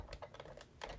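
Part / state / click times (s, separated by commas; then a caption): plastic floor piece into toy castle / not seated / none. A plastic interior floor piece is handled as it is fitted into a Castle Grayskull Origins toy castle, producing light plastic taps and rattles with sharper knocks around 0.1 s and 0.8 s. The piece has not locked into place yet; nothing has seated or clicked.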